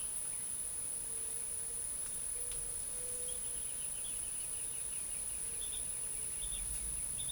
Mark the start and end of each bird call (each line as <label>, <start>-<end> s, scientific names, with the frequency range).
Furnarius leucopus (1.9-3.6 kHz), 3.29-7.32 s